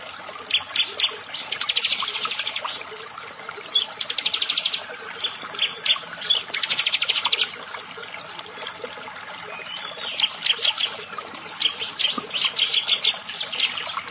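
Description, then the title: Prinia repeating high, fast buzzy trills and chip series, one after another with short pauses, over steady faint hiss. "Ciblek Sawah"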